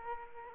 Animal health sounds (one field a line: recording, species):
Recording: mosquito wingbeat signal from an infrared sensor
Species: Aedes aegypti